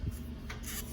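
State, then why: Seated. A pointed alignment teach tip is pushed and twisted onto the torch of a plasma cutting robot. A soft scraping and rubbing leads into a short, sharp pop at 0.5 s, followed by quieter rubbing as the tip ends up fully seated.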